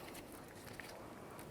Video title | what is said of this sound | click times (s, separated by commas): How To Replace Front Axle Shaft 1998-2011 Ford Ranger | Should fit right in. Lock it in, give it a wiggle. | 0.8 s